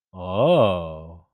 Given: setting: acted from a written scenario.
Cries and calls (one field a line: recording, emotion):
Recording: vocal sound without words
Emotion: interest